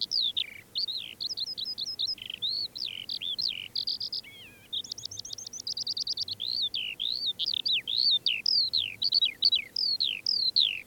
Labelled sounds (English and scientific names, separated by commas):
Eurasian Skylark (Alauda arvensis) song